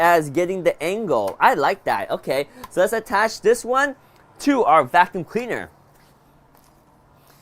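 Someone talks while lining up a motorized floor head with a cordless vacuum cleaner before attaching it. After the talking stops at about 5.7 s, there is near silence with only a faint, brief tick at 6.6 s. The head has not clicked or seated into the vacuum yet.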